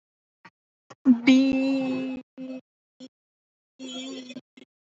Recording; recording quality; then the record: sustained vowel as in beet; excellent, no background noise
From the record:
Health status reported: healthy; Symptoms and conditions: none ticked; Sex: female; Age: 23 years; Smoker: not ticked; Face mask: not worn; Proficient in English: yes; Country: India